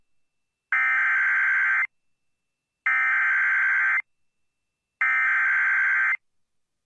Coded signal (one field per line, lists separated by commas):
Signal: Emergency Alert System (SAME) tones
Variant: header bursts